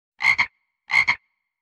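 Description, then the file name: Frog croaking twice, each croak a loud raspy double pulse, the pair repeated about seven tenths of a second apart with silence between. "soundscrate frog"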